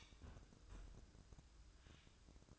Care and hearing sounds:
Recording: daily activity, microphone in the room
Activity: close fridge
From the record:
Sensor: 2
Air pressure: 1007.6 hPa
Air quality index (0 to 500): 60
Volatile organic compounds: 1 ppm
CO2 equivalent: 595 ppm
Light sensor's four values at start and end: 9/22/9/9 and 9/22/9/9

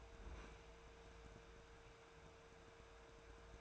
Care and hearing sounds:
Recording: daily activity, microphone in the room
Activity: open fridge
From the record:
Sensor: 2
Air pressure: 1014.7 hPa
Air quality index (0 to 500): 189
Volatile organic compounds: 15 ppm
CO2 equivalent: 2501 ppm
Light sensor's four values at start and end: 10/24/10/10 and 10/24/10/10

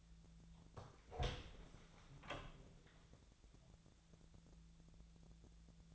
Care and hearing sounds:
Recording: daily activity, microphone in the room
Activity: open door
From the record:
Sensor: 3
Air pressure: 1000.4 hPa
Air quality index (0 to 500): 181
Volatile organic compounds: 4 ppm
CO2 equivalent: 1573 ppm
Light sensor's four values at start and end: 13/30/13/13 and 13/31/13/13

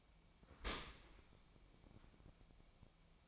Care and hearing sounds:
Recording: daily activity, microphone in the room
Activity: open dishwasher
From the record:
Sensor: 1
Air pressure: 1003.1 hPa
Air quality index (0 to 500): 195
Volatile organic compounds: 6 ppm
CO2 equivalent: 1863 ppm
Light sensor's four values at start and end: 20/50/21/25 and 20/50/21/25

